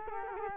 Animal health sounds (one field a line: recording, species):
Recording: mosquito wingbeat signal from an infrared sensor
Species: Culex quinquefasciatus